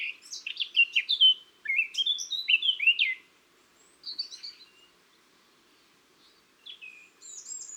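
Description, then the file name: Eurasian blackcap song: fast varied warble of scratchy and fluty notes, then after pauses short quieter twittering bursts and a high thin note. "Sylvia atricapilla"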